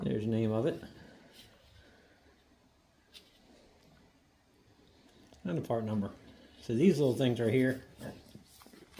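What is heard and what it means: Someone talks while handling a small valve spring compressor over a valve spring in the engine block of a 1950 Farmall Cub, with quiet handling noise between phrases. The compressor has not yet been ratcheted up and locked, and nothing has seated or clicked yet.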